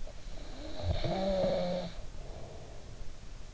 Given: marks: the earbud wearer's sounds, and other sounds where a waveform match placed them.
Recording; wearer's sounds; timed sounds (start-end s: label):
sounds in sleep by an in-ear microphone; snoring breath
0.10-3.19 s: snoring breath